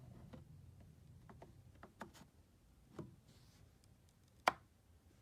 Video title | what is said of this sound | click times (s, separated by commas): Ford NGS Key On Engine Off Self Test on 95 Mustang GT | you slide in it'll click into place | 4.5 s